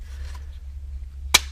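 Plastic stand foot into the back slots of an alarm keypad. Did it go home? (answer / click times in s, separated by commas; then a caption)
yes / 1.4 s. A plastic desk-stand foot is slid into the slots on the back of a Resolution Products SecureSmart HeliTouch alarm keypad and pushed until it locks. A low steady hum and faint scraping run underneath. A sharp click at 1.3 s confirms the foot has seated in place.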